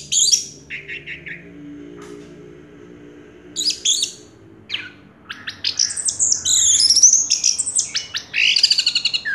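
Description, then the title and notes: Orange-headed thrush singing scattered scratchy phrases that build into a fuller, fast chattering song with a faint low hum beneath. Singing in the teler style with a clear voice; part of a complete compilation of anis merah sounds. "Anis Merah Teler Suara Jernih. kumpulan suara anis merah lengkap"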